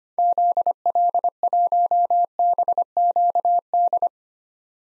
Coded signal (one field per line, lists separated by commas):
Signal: Morse code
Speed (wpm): 25 wpm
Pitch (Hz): 700 Hz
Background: none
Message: ZL1BQD